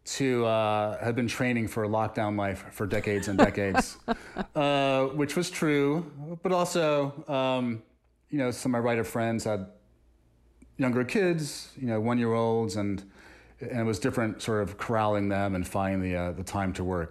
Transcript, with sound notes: to have been training for lockdown life for decades and decades... (Laughter) ...Which was true. But also, you know, some of my writer friends have younger kids, you know, 1-year-olds, and it was different sort of corralling them and finding the time to work.